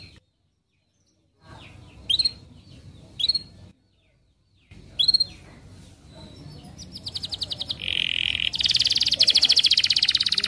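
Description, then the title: Atlantic canary song: a few bright upslurred chirps, then rapid buzzy trills that speed up and grow louder toward the end, over a low background rumble. Canary singing actively (gacor), with the best cengkok song phrasing and the most luxurious isian fill, from the songbird hobby (kicaumania) scene. "Kenari Gacor Cengkok Terbaik Isian Paling Mewah Kenarigacor Kicaumania Kenari"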